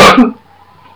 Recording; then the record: coughing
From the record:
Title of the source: Barking cough - # 10